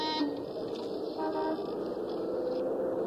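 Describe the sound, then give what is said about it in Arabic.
A car horn gives a sharp, brief honk at the start, then a steady blaring tone holds on for a few seconds over a constant hum of road traffic. “وهذا في الواقع وظيفة نفير السيارة لكي لا تحدث حوادث.”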